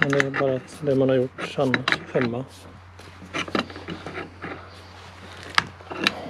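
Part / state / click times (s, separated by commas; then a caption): hose fitting cone into water filter connection / seated / 5.6 s. Someone talks while a cone, or ferrule, made for a larger hose is pushed into the hose fitting of a water filter. A sharp click at 5.6 s marks the cone going into place, followed by another sharp tap at 6.1 s. The cone is seated in the fitting.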